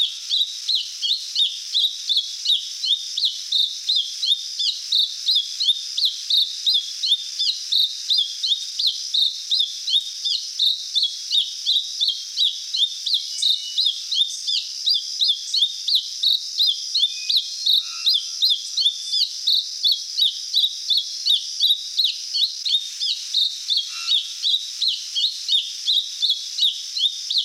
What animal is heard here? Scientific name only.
Turdus plebejus